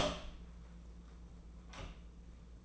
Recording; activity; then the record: daily activity, microphone in the room; open door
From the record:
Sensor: 1